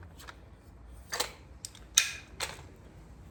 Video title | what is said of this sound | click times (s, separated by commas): Did you clean your AR 15 today? something is better than nothing! #ar15life #guncleaning | hear the click. | 2.0 s